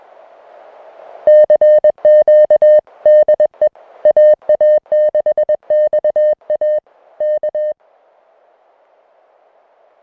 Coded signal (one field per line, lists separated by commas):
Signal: Morse code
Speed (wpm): 21 wpm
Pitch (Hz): 610 Hz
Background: music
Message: CQ DE AA6XA K